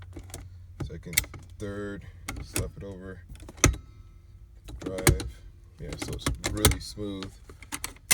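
A newly installed Hurst dual-gate shifter lever in a second-generation F-body car, with a TH400 Hydramatic transmission, is moved through the gears toward its gate detent while someone talks. Short, sharp mechanical clunks from the shifting stand out over a low steady hum, loudest around 3.6 s and near the end. The lever has not locked into its gate position yet; nothing has seated or clicked into place.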